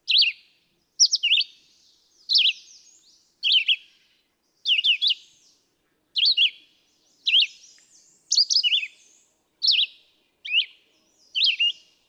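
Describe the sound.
Red-eyed vireo delivering a brisk series of about eleven short slurred phrases, each slightly different, separated by short pauses.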